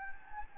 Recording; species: mosquito wingbeat signal from an infrared sensor; Anopheles gambiae